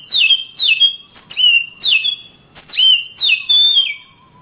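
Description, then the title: Oriental magpie-robin delivering a series of loud downslurred whistles in quick succession, with a faint lower whistle near the end. Oriental magpie-robin (kacer) song from Kalimantan and Sumatra birds, described as champion-grade and gacor, meaning singing vigorously and continuously. "Kicau Kacer Juara Master Kalimantan Sumatra Gacor"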